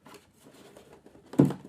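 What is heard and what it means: A wooden stand piece is popped back into its joint during a dry assembly without glue, so it can be glued up later. Faint rustling and light handling noises lead to one sharp, low-bodied knock at 1.4 s, the loudest moment of the clip, as the piece seats.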